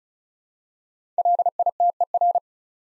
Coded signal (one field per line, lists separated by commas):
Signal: Morse code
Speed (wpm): 36 wpm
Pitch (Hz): 700 Hz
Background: none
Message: LITER